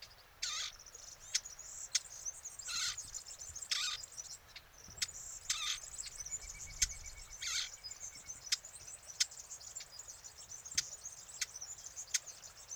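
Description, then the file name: Eurasian blackcap tack calls, sharp dry clicks repeated over a steady high insect buzz with intermittent hissing bursts. "Sylvia atricapilla"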